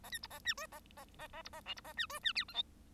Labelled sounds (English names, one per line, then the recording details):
Bengalese Finch song
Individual Bird1